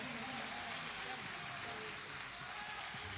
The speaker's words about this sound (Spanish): Los aplausos para mi tío, che, los gritos también.